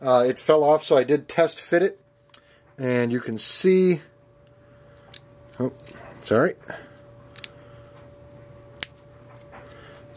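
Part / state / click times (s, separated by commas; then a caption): plastic engine block halves in a scale model car kit / seated / 8.8 s. Someone talks while test-fitting the two plastic engine block halves from a Lindberg '64 Dodge 330 scale model car kit, pressing them together after the block fell apart. A few faint ticks come first, then the halves snap together with a sharp click at 8.8 s. The block seats with a good fit.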